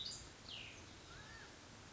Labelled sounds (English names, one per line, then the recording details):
Cassin's Vireo
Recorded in Sonoma County, California